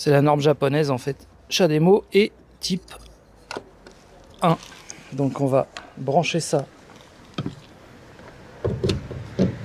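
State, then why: Seated. A Type 2 to Type 1 charging adapter plug is pushed into the Type 1 charging inlet of a Nissan Leaf 30. Someone talks first, then a sharp click is heard at 8.9 s as the plug locks into the inlet.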